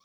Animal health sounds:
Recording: pig call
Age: piglet (1 to 25 days)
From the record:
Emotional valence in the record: positive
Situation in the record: reunion after long isolation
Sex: male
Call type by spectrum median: high-frequency call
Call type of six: low-frequency tonal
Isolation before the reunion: 8 minutes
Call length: 0.05 s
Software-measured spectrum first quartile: 1123 Hz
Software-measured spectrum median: 2810 Hz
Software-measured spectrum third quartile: 5249 Hz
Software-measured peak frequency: 1137 Hz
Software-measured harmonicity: 4.1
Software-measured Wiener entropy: -1.92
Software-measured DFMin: 483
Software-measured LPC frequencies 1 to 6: 1136, 2325, 3462, 4474, 5346, 5814 Hz

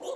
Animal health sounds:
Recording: pig call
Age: piglet (1 to 25 days)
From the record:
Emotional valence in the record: negative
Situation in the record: fighting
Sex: male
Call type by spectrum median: low-frequency call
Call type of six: low-frequency tonal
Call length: 0.16 s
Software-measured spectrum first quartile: 506 Hz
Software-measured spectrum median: 680 Hz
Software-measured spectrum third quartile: 2192 Hz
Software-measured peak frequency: 522 Hz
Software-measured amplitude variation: 125 dB a second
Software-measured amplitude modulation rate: 15.3 a second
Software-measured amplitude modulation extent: 8.2 dB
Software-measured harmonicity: 6.5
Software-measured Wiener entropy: -3.23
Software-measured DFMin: 1257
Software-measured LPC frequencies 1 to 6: 528, 977, 3088, 3574, 5991, 6834 Hz

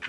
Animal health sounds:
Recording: pig call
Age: piglet (1 to 25 days)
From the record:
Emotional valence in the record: positive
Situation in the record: after nursing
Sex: male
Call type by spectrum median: low-frequency call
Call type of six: low-frequency tonal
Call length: 0.09 s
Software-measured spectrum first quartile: 1525 Hz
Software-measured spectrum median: 2019 Hz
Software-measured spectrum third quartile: 2602 Hz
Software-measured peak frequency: 1492 Hz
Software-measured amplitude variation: 154 dB a second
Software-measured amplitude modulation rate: 5.6 a second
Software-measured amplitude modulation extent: 27.4 dB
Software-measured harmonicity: 0.5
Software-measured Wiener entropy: -1.26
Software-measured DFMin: 741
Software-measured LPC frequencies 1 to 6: 1559, 2486, 3033, 4713, 5849, 6580 Hz

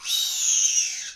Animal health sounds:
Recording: pig call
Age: piglet (1 to 25 days)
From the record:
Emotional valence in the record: negative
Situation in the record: crushing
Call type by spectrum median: high-frequency call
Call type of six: high-frequency modulated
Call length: 1.16 s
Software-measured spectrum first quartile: 4169 Hz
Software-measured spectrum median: 5754 Hz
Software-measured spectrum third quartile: 6445 Hz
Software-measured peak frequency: 6243 Hz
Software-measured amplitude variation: 109 dB a second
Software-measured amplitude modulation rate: 22.9 a second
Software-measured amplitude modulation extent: 4.8 dB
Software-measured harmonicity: 5.0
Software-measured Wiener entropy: -2.55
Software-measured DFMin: 990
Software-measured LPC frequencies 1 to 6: 1777, 2695, 3082, 3785, 4619, 5749 Hz

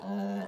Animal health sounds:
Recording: pig call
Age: piglet (1 to 25 days)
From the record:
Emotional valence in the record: negative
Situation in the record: long isolation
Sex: female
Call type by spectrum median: low-frequency call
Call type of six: mixed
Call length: 0.48 s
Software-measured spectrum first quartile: 200 Hz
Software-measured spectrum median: 324 Hz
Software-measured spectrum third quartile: 705 Hz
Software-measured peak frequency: 200 Hz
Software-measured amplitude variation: 50 dB a second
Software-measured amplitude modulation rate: 15.5 a second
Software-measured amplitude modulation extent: 3.2 dB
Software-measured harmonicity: 6.4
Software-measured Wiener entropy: -0.48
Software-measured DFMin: 937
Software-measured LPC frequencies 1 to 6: 702, 1683, 2839, 3719, 4253, 5706 Hz

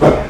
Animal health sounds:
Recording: pig call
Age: growing-finishing pig (85 days or more)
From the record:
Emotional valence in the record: positive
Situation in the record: run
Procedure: transit

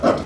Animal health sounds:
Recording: pig call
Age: growing-finishing pig (85 days or more)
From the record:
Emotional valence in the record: positive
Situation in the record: run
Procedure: transit

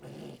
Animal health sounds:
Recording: pig call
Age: piglet (1 to 25 days)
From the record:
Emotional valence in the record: negative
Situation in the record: restrain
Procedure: sham castration, fixation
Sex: male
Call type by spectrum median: low-frequency call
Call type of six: low-frequency stable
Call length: 0.40 s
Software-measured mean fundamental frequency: 69 Hz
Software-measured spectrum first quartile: 229 Hz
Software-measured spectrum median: 420 Hz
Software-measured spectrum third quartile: 1094 Hz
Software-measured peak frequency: 355 Hz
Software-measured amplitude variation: 143 dB a second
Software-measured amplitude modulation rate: 23.8 a second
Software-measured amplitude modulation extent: 6.0 dB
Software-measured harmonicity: -0.1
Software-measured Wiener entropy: -0.86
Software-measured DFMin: 844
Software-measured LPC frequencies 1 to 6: 443, 1604, 2828, 4633, 5792, 6968 Hz

